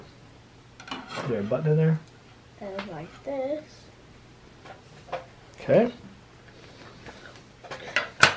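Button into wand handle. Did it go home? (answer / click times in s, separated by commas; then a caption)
yes / 8.0 s, 8.2 s. A child pushes a button component into the hole in the handle of a Kano Harry Potter wand while following the kit instructions, as someone talks. Two sharp clicks at 8.0 s and 8.2 s mark the button seating into the handle.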